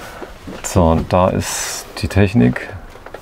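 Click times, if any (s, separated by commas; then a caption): none. Someone talks inside a 2020 Hymer Laika Ecovip L3019 motorhome on a Fiat Ducato, a 2021 model, while a fold-in fitting in the interior is being handled before it latches. Two brief, quiet knocks come near the end, at about 3.1 and 3.2 s. Nothing has seated or clicked into its latch yet.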